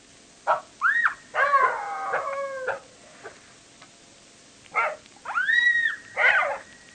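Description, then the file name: Jackal yipping howls: short sharp yelps, then arched, wavering wails with rich harmonics in two bursts, a quiet pause between them. "zvuki shakala"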